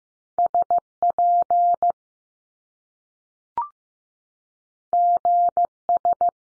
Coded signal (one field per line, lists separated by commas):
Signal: Morse code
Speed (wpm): 15 wpm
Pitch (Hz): 700 Hz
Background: none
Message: S P G S